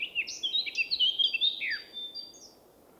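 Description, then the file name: Eurasian blackcap song: a rapid jumble of varied high twittering and whistled notes lasting about two seconds before trailing off, with low background hiss. "Sylvia atricapilla"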